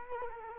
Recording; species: mosquito wingbeat signal from an infrared sensor; Culex quinquefasciatus